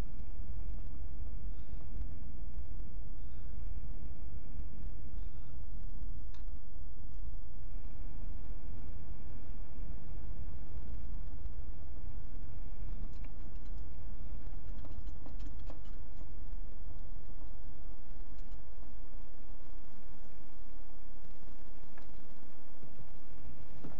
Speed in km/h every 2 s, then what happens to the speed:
29, 31, 29, 21, 24, 26, 24, 21, 15, 8, 3, 0.
3-6 slows to 21. 6-11 steady at about 24. 11-21 slows to 0. 21-24 standing.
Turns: 6-19.